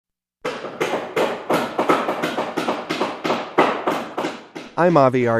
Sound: sfx: construction sounds